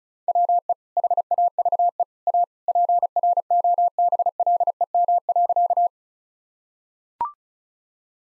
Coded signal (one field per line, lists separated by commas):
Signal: Morse code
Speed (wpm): 36 wpm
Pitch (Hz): 700 Hz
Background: none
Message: WE HAVE A PROBLEM.